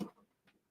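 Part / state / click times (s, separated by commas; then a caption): plastic landing gear leg into toy spaceship hull / not seated / none. A plastic landing gear leg is mashed into a toy spaceship hull, making a short dull knock at the start and a fainter soft tap near 0.5 seconds. The leg is connected, but nothing has clicked.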